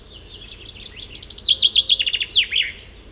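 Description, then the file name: Common chaffinch delivering a single rattling, downward-stepping song phrase of rapid notes, ending in a crisp flourish, with soft steady background noise. "Fringilla coelebs"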